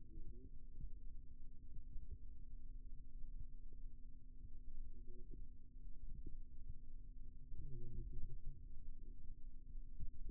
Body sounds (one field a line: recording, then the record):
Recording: forearm muscle sounds (acoustic myography)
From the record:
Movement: rest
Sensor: system 2, bracelet of six BSWA MPA416 microphones around the upper forearm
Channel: 2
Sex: male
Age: 22 years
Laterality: right